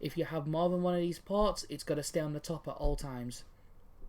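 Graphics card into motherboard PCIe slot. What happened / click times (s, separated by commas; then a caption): No seating click; the card is not yet home / none. A graphics card is handled near the top PCIe x16 slot on a motherboard while someone talks, with two faint, short hits heard. Nothing has seated or clicked yet; the card has not been pushed home and the slot's retention latch has not clicked.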